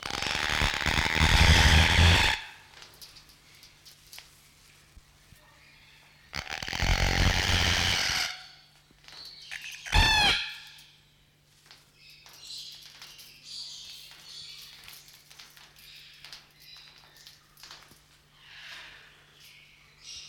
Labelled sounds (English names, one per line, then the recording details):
Red-tailed Black Cockatoo call
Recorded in captivity
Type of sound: call
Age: adult
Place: Zoo Berlin, Berlin, DE
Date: 1994-02-12 11:19
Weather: bedeckt, leichter Schneefall, um 0°C
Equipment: Marantz CP 430, Sennheiser MKH 416 T, Kopie Uher Variocord 263
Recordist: Tembrock, Günter
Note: Langlaute, am Gitter, auf Beobachter bezogen (bzw. das Mikro)